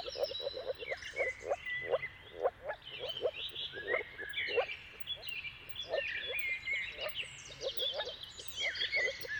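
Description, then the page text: Moor frogs giving soft low croaks in loose repeated runs under a busy chorus of singing birds. Moor frogs in a mating chorus at sunrise at the turn of March and April, timing depending on the weather. "Dawn’s Chorus: Mating Calls of Marsh Frogs at Sunrise. Depending on the weather at the turn of March and April, you can witness an amazing spectacle of moor frogs. earth.fm"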